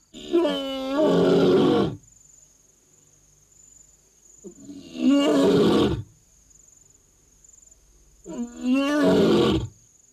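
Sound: lion roaring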